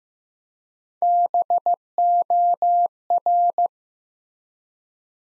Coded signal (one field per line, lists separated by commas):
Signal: Morse code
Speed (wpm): 15 wpm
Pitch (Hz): 700 Hz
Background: none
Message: BOR